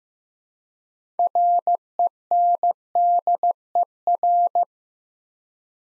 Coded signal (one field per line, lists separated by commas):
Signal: Morse code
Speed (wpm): 15 wpm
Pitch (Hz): 700 Hz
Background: none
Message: RENDER